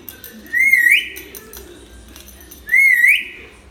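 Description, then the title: Hill myna whistles, two wavering whistled phrases with a rising end, about two seconds apart. Tutor recording of a vocal hill myna used for training other birds to sing. "Suara Burung Beo Gacor Cocok Untuk Masteran"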